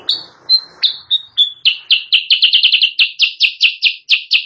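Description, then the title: Sooty-headed bulbul: a few drawn-out whistled notes, then a string of clipped chirps. Caged-bird training recording (masteran) used as a lure sound; bird described as actively singing (gacor). "Masteran Kutilang Sutra. suara pikat kutilang sutra kutilang sutra gacor"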